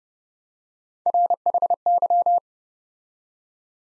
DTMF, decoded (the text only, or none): none